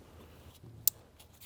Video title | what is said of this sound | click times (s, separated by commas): Mercedes-Benz C300 Spark Plug & Ignition Coil Replacement DIY (2015-2021 Mercedes W205, M274 Engine) | that satisfying click | 0.9 s